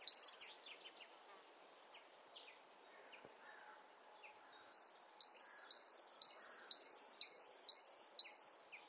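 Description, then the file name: Great tit, a few faint chirps at first, then its see-saw two-note song starts midway and repeats rhythmically to the end. "Parus major"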